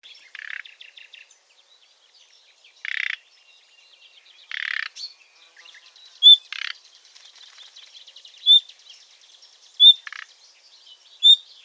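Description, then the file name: Common nightingale calls: short harsh rasping bursts at uneven intervals, joined in the second half by clear, high whistled notes. "Luscinia megarhynchos"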